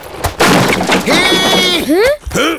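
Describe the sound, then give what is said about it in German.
A cart lurches into a pothole with a loud wooden crash and a splintering crack as a wheel breaks, followed by startled voices crying out. “Denn der Wagen der Gallia fährt in ein Schlagloch.”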